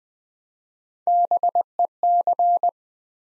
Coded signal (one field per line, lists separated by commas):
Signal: Morse code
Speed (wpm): 20 wpm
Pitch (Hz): 700 Hz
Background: none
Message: BEC